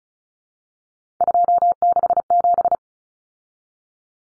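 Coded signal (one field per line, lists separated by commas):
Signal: Morse code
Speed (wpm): 34 wpm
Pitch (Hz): 700 Hz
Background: none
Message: 267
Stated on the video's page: Head-copy drill at 35 wpm of three-digit cut numbers, using T, A, N for 0, 1, 9, each sent, spoken, then sent again.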